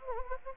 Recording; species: mosquito wingbeat signal from an infrared sensor; Anopheles gambiae